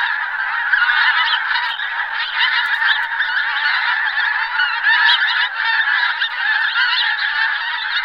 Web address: All the bird songs of Britain and Europe - Jean-Claude Roche. Anser brachyrhynchus